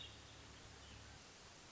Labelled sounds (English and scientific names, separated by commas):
Hermit Thrush (Catharus guttatus)